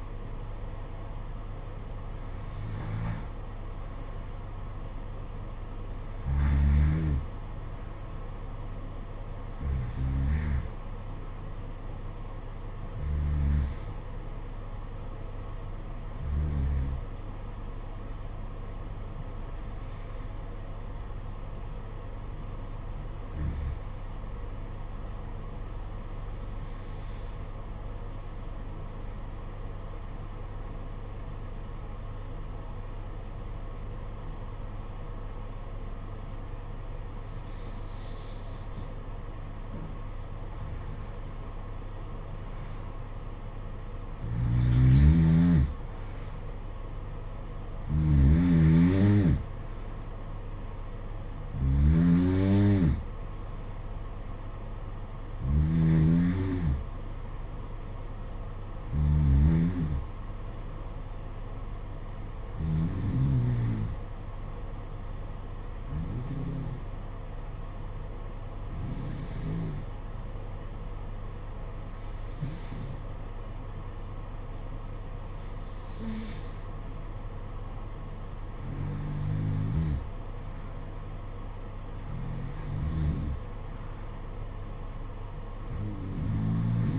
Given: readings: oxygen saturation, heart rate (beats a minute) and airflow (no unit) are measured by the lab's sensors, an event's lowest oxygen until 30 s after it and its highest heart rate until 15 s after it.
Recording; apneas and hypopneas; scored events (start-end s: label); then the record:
breathing in sleep by a smartphone at the bedside; 2
14.00-40.20 s: hypopnea (N1, oxygen 95% highest, then 87% lowest, heart rate 53 at the start, 60 highest)
59.00-86.99 s: new sleep stage, N2 (light sleep)
64.00-79.30 s: hypopnea (N2, oxygen 94% highest, then 91% lowest, heart rate 52 at the start, 56 highest)
From the record:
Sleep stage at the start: N1 (lightest sleep); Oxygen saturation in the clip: 87 to 95%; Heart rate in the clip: 52 to 60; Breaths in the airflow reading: 23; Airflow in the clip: -9.8 to 8.0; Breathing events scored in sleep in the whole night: 476 in 9.7 hours asleep